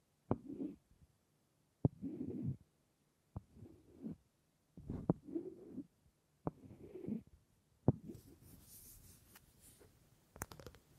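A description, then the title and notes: Quiet taps on wood, each a sharp knock followed by a short low scraping or rubbing stroke, repeating roughly every second and a half. Near the end the sound turns brighter and busier, with faint crinkling and a quick run of small clicks. ASMR Simply Relaxing Wood Triggers for Sleep New Mic Test Tascam Portacapture X8 (No Talking).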